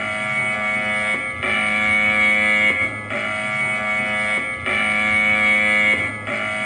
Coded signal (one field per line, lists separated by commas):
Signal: dial-up modem handshake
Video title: Ranking EAS alarms from around the world don't forget to like and subscribe enjoy the video